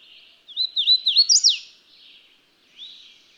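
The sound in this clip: Bird song: a quick phrase of looping, high whistled notes climbing to a sharp downslurred finish, followed by a softer, fainter phrase near the end.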